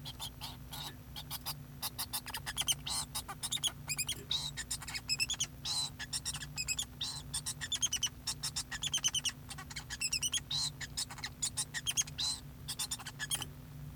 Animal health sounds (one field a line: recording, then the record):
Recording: song of a male Bengalese finch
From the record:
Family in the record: son of father 2